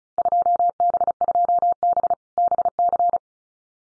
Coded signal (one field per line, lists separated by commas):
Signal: Morse code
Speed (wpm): 34 wpm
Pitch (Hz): 700 Hz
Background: none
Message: 2B2B BC